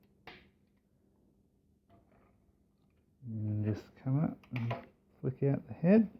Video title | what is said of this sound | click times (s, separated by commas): Transformers Generations Combiner Wars Devastator Review | click down the cab and then and that'll dab into this little hole back here | 0.3 s